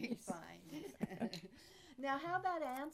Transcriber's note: chuckles